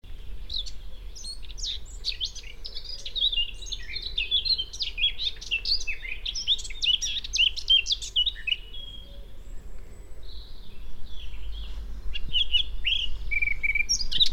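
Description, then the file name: Eurasian blackcap delivering a long, hurried warbling song of scratchy and sweet notes, pausing briefly before a shorter phrase, with constant low background rumble. "Sylvia atricapilla"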